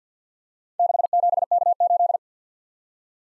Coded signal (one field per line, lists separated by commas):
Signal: Morse code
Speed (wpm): 48 wpm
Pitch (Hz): 700 Hz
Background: none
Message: 67K8